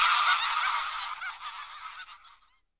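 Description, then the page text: Greylag goose honking in a short, harsh burst that quickly trails off into quiet. "Голоса птиц - Серый гусь (Anser anser)"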